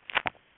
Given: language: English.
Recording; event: throat vibration sensor signal played as sound; swallow